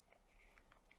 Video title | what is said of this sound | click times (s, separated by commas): Episode 13: PE Range & Back Office | you can see I'm holding it sideways it snaps in place | 0.6 s, 0.7 s, 0.9 s